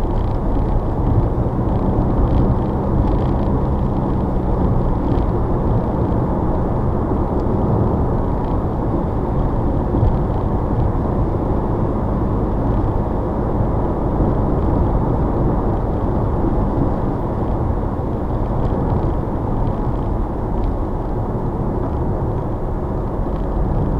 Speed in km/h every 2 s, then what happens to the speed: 72, 76, 76, 79, 81, 82, 82, 84, 84, 77, 69, 64.
0-16 speeds up to 84. 16-24 slows to 64.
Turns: none.